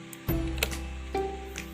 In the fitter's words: tekan sampai berbunyi klik Hai terdengar